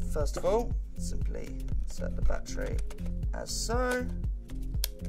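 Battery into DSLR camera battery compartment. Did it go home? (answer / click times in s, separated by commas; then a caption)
yes / 4.8 s. A battery is pushed into the battery compartment of a Canon 7D DSLR camera body until it latches, while someone talks over background music. A small, sharp click is heard at 4.8 s as the battery seats in place.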